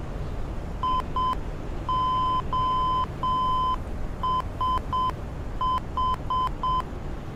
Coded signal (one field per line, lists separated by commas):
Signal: Morse code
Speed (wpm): 7 wpm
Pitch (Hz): 1020 Hz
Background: none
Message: IOSH